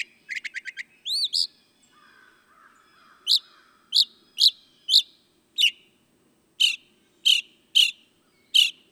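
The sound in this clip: Northern mockingbird song: a quick trill, two rising whistles, then sharp high chips repeated with short gaps.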